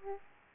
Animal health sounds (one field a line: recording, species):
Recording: mosquito wingbeat signal from an infrared sensor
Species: Aedes aegypti